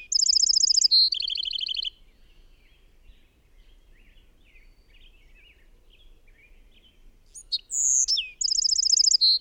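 Bird song: a high fast trill dropping to a lower trill, a pause filled with faint twittering, then the phrase starts again with sharp notes and a trill.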